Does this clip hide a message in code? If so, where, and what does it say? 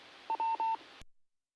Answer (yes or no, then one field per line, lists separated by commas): no